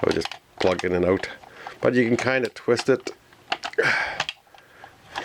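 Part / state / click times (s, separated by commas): plastic back cover on a toy vehicle body / released / 5.2 s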